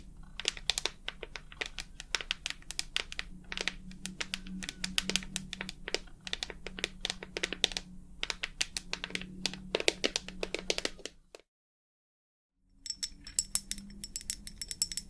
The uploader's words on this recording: ASMR 100% Tapping for the BEST Sleep ~ with long nails, no talking.